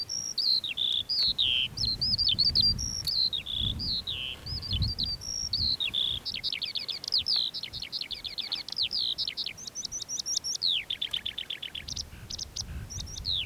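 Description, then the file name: Lark pouring out a long, high, varied song of slurred whistles and quick repeated chirps, including a rapid run of descending notes late on. Perched on a post; recorded 19 June 2021 at 09:48. "2021-06-19-09 48 18-lark-on-post"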